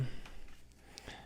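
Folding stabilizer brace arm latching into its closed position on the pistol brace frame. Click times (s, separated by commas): 1.0 s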